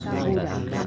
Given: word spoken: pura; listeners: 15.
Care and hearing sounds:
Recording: one Spanish word in noise, from a listening test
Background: eight-talker babble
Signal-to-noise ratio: -0.4 dB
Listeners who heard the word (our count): 0 of 15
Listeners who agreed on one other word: 6 of 15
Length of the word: 0.47 s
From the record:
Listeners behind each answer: 6, 2, 1, 1, 1, 1, 1, 1, 1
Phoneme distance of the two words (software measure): 10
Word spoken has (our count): 2 syllables, 4 phonemes, stress on syllable 1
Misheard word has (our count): 2 syllables, 4 phonemes, stress on syllable 1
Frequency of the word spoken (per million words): 41.39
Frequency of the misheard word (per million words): 30.98

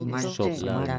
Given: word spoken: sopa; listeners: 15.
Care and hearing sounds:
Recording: one Spanish word in noise, from a listening test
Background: four-talker babble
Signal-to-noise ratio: -2.7 dB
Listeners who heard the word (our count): 0 of 15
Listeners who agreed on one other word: 9 of 15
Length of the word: 0.59 s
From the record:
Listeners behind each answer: 9, 1, 1, 1, 1, 1, 1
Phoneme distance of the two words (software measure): 14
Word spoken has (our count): 2 syllables, 4 phonemes, stress on syllable 1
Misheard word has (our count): 2 syllables, 6 phonemes, stress on syllable 2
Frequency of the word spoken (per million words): 13.26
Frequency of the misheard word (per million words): 1.76

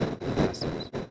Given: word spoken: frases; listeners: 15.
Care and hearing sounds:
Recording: one Spanish word in noise, from a listening test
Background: noise modulated by one talker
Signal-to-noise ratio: -11.0 dB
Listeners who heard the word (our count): 0 of 15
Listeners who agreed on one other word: 6 of 15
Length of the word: 0.71 s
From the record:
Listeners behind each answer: 6, 3, 1, 1, 1, 1, 1, 1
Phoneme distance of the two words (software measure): 27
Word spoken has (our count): 2 syllables, 6 phonemes, stress on syllable 1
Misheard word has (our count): 2 syllables, 5 phonemes, stress on syllable 1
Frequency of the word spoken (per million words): 30.49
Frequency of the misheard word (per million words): 86.54

